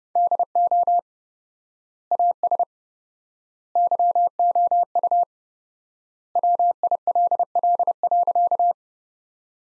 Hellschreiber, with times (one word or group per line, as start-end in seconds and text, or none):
none